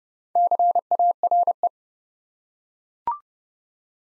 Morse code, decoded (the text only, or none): CARE